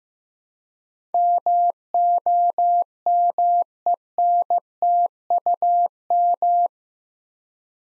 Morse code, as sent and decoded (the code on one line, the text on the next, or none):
-- --- -- . -. - ..- --
MOMENTUM